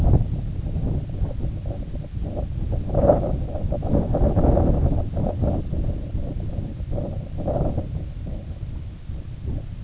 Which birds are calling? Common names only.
none